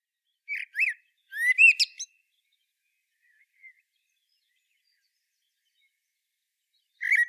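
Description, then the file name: Common blackbird song: short rich fluty notes followed by a squeaky high flourish, a long pause with a couple of faint notes, then another phrase starting at the end. "Turdus merula"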